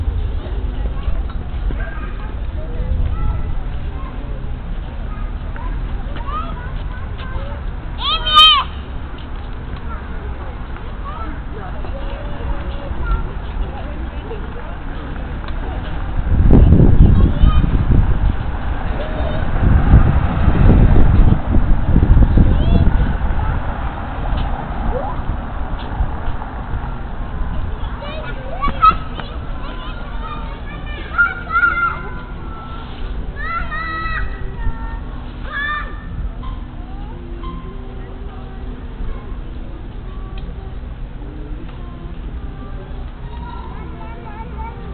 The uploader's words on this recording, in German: Helmholtzplatz Prenzlauer Berg. Young families enjoying the playground. Drunken friends enjoy the evening air.